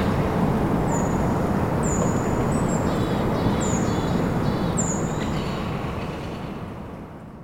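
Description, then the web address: Bird calls: four high, thin descending whistles at irregular intervals with faint buzzy notes between, over constant deep rumbling noise that fades at the end. Birdsong in a pine forest in winter. "sonidos de la naturaleza canto de los pajaros en un bosque de pinos invernal"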